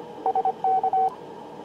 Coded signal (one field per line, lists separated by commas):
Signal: Morse code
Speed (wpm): 25 wpm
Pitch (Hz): 760 Hz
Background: radio noise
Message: SK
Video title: 50MHz CW PV8ADI with massive EU plie-up Jun 21, 2015